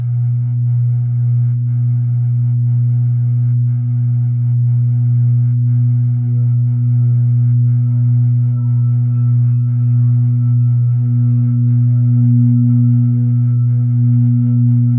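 Tibetan singing bowls resonate in a steady, unbroken low hum with a faint rhythmic throb and soft ringing overtones above throughout.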